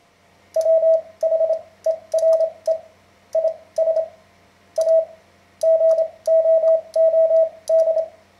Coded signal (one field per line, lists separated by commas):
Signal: Morse code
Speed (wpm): 29 wpm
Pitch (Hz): 650 Hz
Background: radio noise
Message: WHERE IS A GOOD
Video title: Learning Morse Code - An Introduction